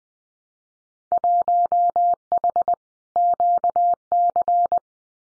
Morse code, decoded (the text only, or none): 1H QC